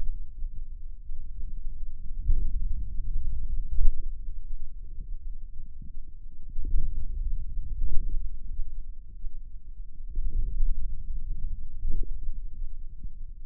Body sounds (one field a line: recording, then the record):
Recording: forearm muscle sounds (acoustic myography)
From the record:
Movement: finger pinch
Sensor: system 2, bracelet of six BSWA MPA416 microphones around the upper forearm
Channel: 4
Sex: male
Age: 22 years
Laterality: right